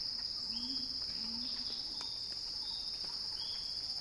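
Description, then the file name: Cicada song, an unbroken high-pitched drone throughout, with a low warbling call and brief faint chirps from other creatures in the background. Recorded by Axel Drioli; described as a cicada crescendo. "earth-fm Axel-Drioli Cicada-Crescendo-Sounding-Wild"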